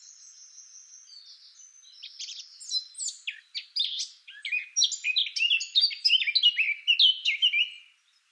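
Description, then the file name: Eurasian blackcap song: a soft, high twittering lead-in that breaks into a loud, varied warble of quick fluty and scratchy notes. "Sylvia atricapilla"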